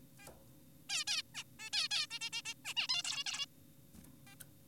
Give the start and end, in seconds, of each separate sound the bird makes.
0.20-0.28, 0.90-1.04, 1.08-1.22, 1.35-1.43, 1.60-1.70, 1.73-1.88, 1.91-2.07, 2.11-2.19, 2.21-2.30, 2.33-2.42, 2.46-2.54, 2.65-2.74, 2.77-2.88, 2.89-3.03, 3.04-3.24, 3.26-3.46, 4.27-4.35